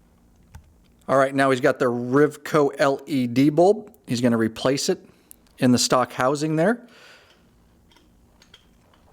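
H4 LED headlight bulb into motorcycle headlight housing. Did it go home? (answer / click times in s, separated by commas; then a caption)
no / none. A Rivco H4 LED replacement headlight bulb is dropped into a motorcycle's stock headlight housing and lined up there. Light ticking contact sounds are heard around the talking as someone talks. The bulb simply sits in place; nothing has seated or clicked yet, and the retaining clip has not been pushed back and locked.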